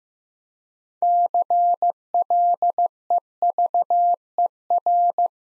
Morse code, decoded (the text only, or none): CLEVER